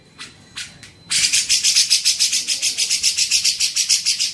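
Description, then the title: Grey-cheeked bulbul: a few soft separate notes, then a fast, regular series of loud buzzy chirps. Masteran training recording used to tutor songbirds. "MASTERAN CUCAK JENGGOT"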